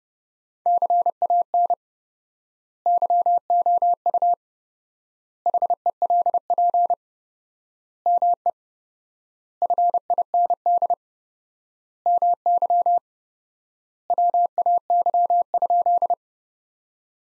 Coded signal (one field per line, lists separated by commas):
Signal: Morse code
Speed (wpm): 30 wpm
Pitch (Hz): 700 Hz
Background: none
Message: CAN YOU HELP ME FIND MY WAY?